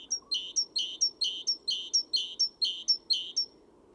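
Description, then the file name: Great tit calls, a rapid series of about eight two-part notes, a high thin tick followed by a buzzy lower chatter, repeated about twice per second over faint background hum. "Parus major"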